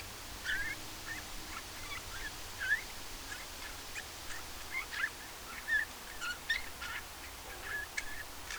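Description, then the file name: Eurasian bullfinch calls: faint, short whistled notes scattered irregularly throughout, over steady background noise. "Pyrrhula pyrrhula"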